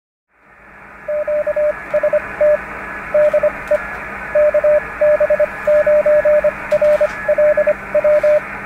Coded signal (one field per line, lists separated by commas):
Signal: Morse code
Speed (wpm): 25 wpm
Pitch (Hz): 600 Hz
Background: radio noise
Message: QST DE KB9RLW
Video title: Ham Radio - Yaesu MH 27 microphone low audio fix